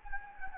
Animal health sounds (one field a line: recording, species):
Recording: mosquito wingbeat signal from an infrared sensor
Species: Anopheles gambiae